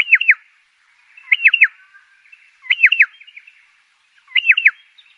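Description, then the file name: Pardalote song, a sharp two- or three-note high phrase repeated about every one and a half seconds, with soft chatter between phrases. "canto do pardalote"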